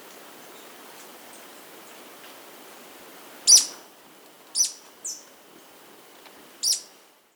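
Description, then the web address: Inca Flycatcher calls: four sharp, very high, clipped notes after a quiet start, one, then two close together and one later, over faint steady hiss. Recorded in South America. "Natures Songs S America Inca Flycatcher"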